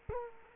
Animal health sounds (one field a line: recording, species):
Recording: mosquito wingbeat signal from an infrared sensor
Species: Culex quinquefasciatus